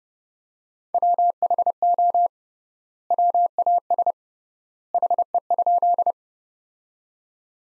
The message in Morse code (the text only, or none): WHO WAS HE?